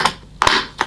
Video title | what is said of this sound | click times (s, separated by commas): Vintage 1973 Hoover 5464 Shampoo Polisher Unboxing & First Look | they should just push on. That's it, until they click. | 0.4 s